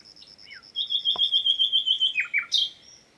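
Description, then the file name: Common nightingale song: a quick series of high piping notes, then a loud, rapid chattering trill of about a dozen beats, closing with short downslurred notes. "Luscinia megarhynchos"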